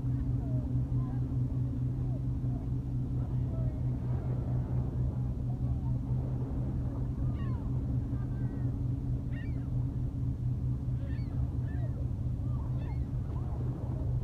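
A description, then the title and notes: Beach ambience by a lake, with a steady low engine hum, murmuring voices, and occasional faint bird calls or honks toward the end. AMBIENCE LAKE MICHIGAN BEACH GRAND HAVEN MICHIGAN. AT 4 P.M. RECORDED WITH AN IPHONE SE.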